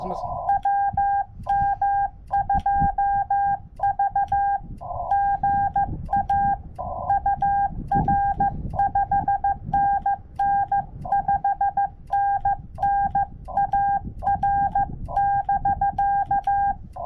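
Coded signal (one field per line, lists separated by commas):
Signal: Morse code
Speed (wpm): 15 wpm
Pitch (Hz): 800 Hz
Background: speech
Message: WM2V GA UR 5NN 5NN AR <BK>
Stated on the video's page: CW sent with paddles on a Yaesu FT-891 at 25 watts during a SOTA summit activation, using a 17-ft whip antenna on a tripod.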